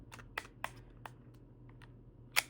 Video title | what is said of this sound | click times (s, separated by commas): My Handheld Console Collection! 🎮👾 | It doesn't click in there, but | none